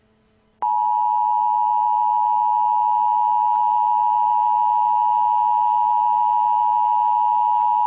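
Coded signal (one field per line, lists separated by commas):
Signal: Emergency Alert System (SAME) tones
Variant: 853 and 960 Hz attention tone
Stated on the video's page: Fictional scenario.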